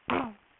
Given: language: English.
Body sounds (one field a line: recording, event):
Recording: throat vibration sensor signal played as sound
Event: throat clearing